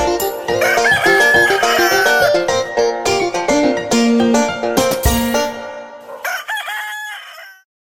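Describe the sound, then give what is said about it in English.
A rooster crows once, a loud, drawn-out, wavering call that rises and then falls, right after a stretch of bright, busy music ends. “Cock-a-doodle-doo.”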